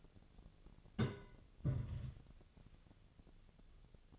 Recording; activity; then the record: daily activity, microphone in the room; place on stove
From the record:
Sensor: 4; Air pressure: 1000.8 hPa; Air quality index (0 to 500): 125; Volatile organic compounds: 1 ppm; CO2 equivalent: 938 ppm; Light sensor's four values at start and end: 43/105/44/49 and 43/104/44/49